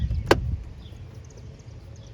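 A plastic spring clip on the lid of an engine air filter housing is pulled back by hand until it snaps open at 0.3 s, releasing the lid. The sharp snap stands well above a low rumbling background that stays steady for the rest of the clip.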